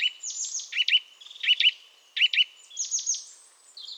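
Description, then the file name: Eurasian nuthatch calling in loud doubled chirps, with bright, rapid descending notes at the start and near the end. "Sitta europaea"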